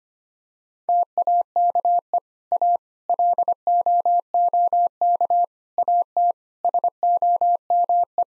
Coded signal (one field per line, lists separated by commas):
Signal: Morse code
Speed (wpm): 25 wpm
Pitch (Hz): 700 Hz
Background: none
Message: TAKE A LOOK AT SOME